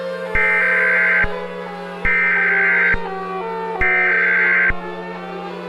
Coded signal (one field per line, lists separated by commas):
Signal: Emergency Alert System (SAME) tones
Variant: header bursts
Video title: Directv EAS Scenario -- DO NOT GO OUTSIDE